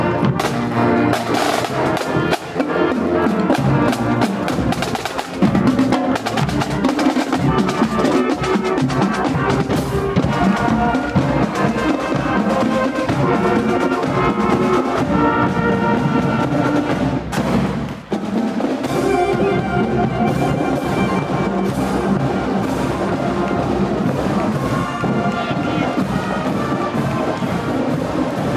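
Parade sound on a downtown street, loud and dense throughout, with layered sustained tones and one brief lull around eighteen seconds.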